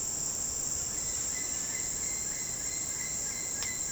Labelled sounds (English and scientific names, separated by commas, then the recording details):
Orange-winged Amazon (Amazona amazonica)
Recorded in dense forest near Puerto Asís, Putumayo, Colombia, on 18 February 2024 at 08:30
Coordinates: 0.486, -76.316
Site G6437